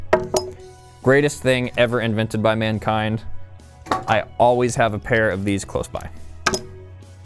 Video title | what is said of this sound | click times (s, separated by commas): How to Use Basic Tools (For Beginners) -How-To series- | you just squeeze down on that little lever and they pop themselves off. | 0.1 s